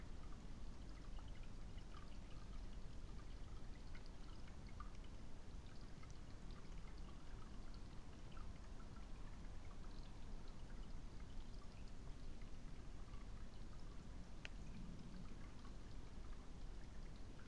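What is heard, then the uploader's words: A hidden stream trickles steadily, a dense, even wash of running water strongest in the low range with fine splashes and droplets scattered throughout. The level stays constant for the whole stretch, with a single brighter click or drip near the fourteen-second mark. A blend of intimate and wide spatial quiet, captured as it happened from beside an old oak tree, in a remote spot in the Forest of Dean. The time is 3:30am and the microphones are recording alone. The intimate textures of a trickling stream, that's completely hidden from view under thickly tangled vines.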